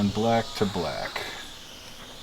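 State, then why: Not seated. Someone talks while handling the black (negative) lead of a Cascadia4x4 hood-mounted solar panel for a Land Rover LR3 or LR4, bringing it to its mating black connector on the MPPT charge controller lead, black to black. Only voice and faint handling sounds are heard. Nothing has seated or clicked yet.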